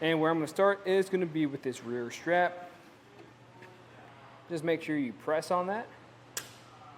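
Someone talks, then presses the release on the plastic ratchet buckle of the rear wheel strap on a Benton Shifts&Grins 2-bike rack for a 2021 Nissan Murano, with the bike in the wheel cradle. A single sharp click is heard at 6.4 seconds as the strap lets go and releases.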